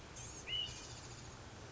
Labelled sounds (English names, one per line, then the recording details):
Blue-gray Gnatcatcher
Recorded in Sonoma County, California